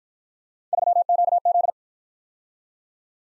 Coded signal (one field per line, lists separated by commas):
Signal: Morse code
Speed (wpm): 51 wpm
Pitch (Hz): 700 Hz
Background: none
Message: 3QZ